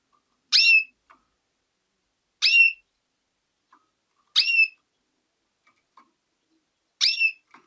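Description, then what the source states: Canary giving four sharp, rising whistled call notes with bright overtones, spaced roughly two seconds apart, with faint soft clicks between them. Female.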